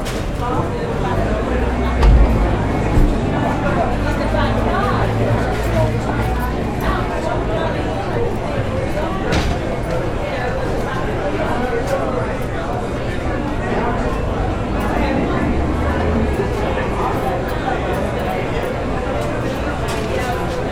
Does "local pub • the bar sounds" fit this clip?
yes